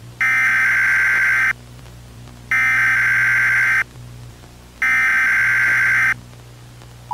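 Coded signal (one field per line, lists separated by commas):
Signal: Emergency Alert System (SAME) tones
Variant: header bursts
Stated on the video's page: Fictional horror EAS scenario about an alien.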